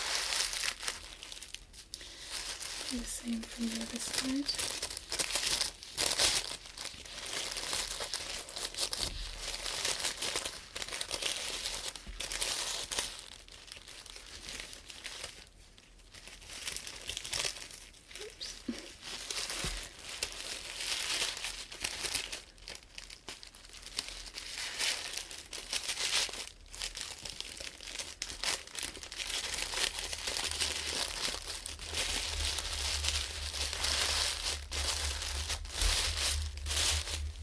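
Dense crinkling fills the recording almost without pause, bright and papery with frequent sharp crackles. The rustling swells and eases in waves, thinning briefly near 16 and 26 seconds, and a faint low hum enters toward the end.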